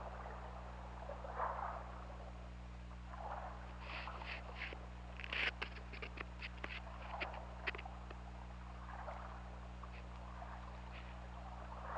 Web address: Pm OL Orca Lab UTLN JASON 20180216 185955